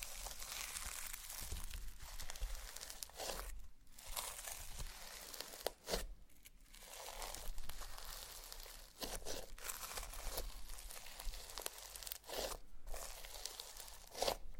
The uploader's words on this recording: ASMR SLIME! 5 Satisfying Slimes.